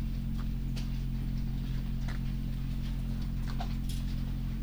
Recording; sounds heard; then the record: poultry house recording; sick chickens (respiratory disease)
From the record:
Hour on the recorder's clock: 2